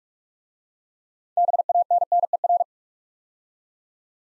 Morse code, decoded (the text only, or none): BANNER